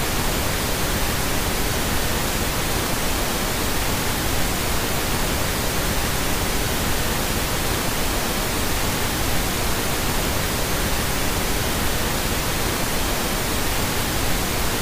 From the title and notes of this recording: Pink Noise Sleep Sounds.